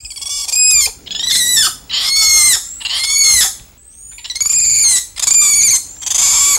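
Spider monkey calling with loud, high, whinnying squeals rich in harmonics, delivered in several bursts with brief gaps between them.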